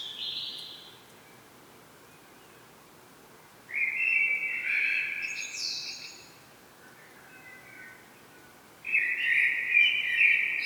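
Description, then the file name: Common blackbird singing: the tail of one phrase, then a mellow whistled phrase ending in high scratchy twitters, and another phrase starting near the end, with pauses of a few seconds between. "Turdus merula"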